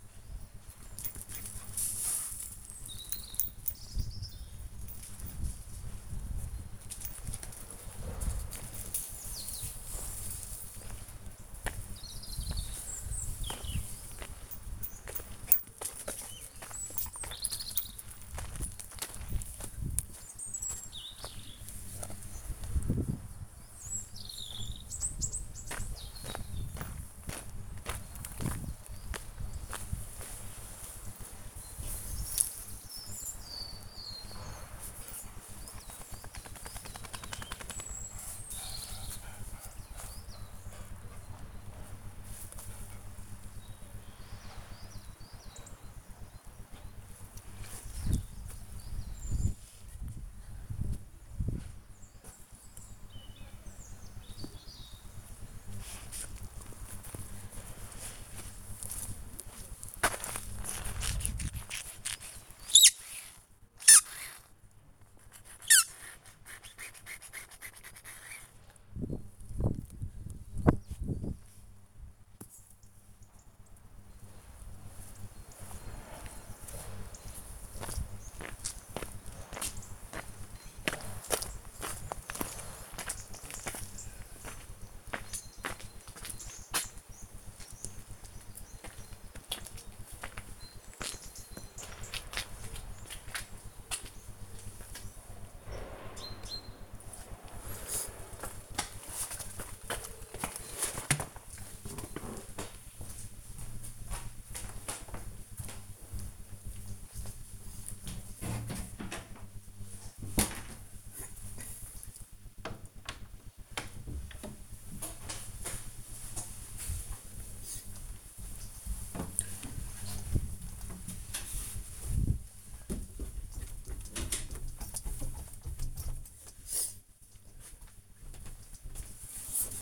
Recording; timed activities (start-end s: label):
household activities, microphone on the right wrist
0.00-129.82 s: play with the dog